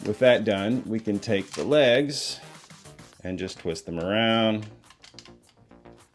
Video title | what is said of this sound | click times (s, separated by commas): Me GRIMLOCK? Transformers Alternators were BUILT DIFFERENT! | they pop into place kind of nicely | 5.2 s